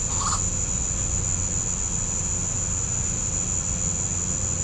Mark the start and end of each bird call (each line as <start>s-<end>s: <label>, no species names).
0.04s-0.42s: bird call